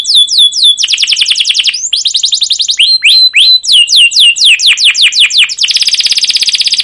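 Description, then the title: Canary singing quick runs of sharp downslurred notes and rapid rolling trills, ending in a dense, buzzy high trill. Canary song used as a lure and master recording for teaching young canaries; long, continuous 'cuit cuit' chirping, described as emotional. "CUIT CUIT NGEROL LANGSUNG GACOR PANJANG Kenari Ini AMPUH Utk Pancingan KENAR"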